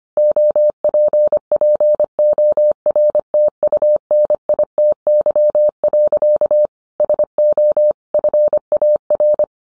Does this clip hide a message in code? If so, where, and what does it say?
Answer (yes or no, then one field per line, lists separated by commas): yes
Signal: Morse code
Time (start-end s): 0.2-9.4 s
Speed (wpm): 25 wpm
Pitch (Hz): 600 Hz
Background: none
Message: OPPORTUNITY. SO FAR